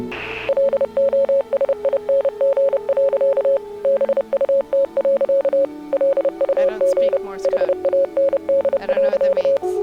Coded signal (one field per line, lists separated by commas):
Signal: Morse code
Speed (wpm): 30 wpm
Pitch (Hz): 550 Hz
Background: speech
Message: LOSING. BUT. LUG HAND.